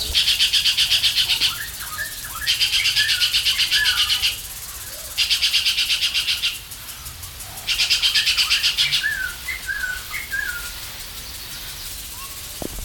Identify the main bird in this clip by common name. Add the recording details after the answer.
Crested Oropendola. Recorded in captivity. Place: Zoo Berlin, Berlin, DE. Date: 1996-06-01 13:27. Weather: sonnig, 22°C. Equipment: Sony MD-WM MZ-R3, Sennheiser MKH 416 T, Kopie Uher 4000 Report Monitor. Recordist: Tembrock, Günter